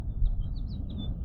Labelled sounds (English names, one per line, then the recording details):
House Finch song
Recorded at Lawrence on Long Island, New York, on 4 June 1975
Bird D